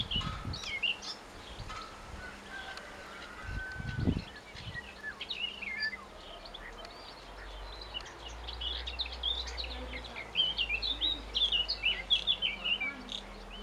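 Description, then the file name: Eurasian blackcap singing a rich, varied warble of quick fluting notes, scattered early on and building to a fuller rapid phrase near the end, with low rumbling background noise. "Sylvia atricapilla"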